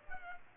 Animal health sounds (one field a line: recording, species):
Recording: mosquito wingbeat signal from an infrared sensor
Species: Culex pipiens